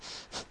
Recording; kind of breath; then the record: one breath in and out by a microphone near the nose and mouth; strong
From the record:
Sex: male